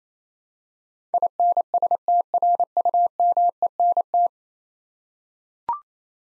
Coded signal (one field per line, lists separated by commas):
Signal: Morse code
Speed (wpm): 28 wpm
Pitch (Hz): 700 Hz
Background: none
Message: INSTRUMENT